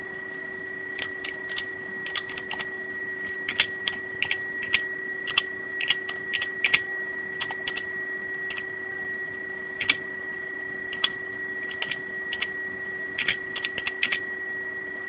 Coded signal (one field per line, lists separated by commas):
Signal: PSK31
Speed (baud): 31.25 baud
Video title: PSK31 QSO A65BC in Abu Dhabi & DU3MEL in Mabalacat Pampanga Philippines